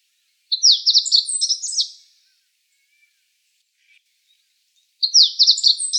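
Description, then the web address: Meadow bunting singing quick, sharp, jumbled high notes in an one-and-a-half-second burst, then a pause with a few faint chips, before the next phrase begins. Recorded 9 May 2013. "birdenaga hojiro"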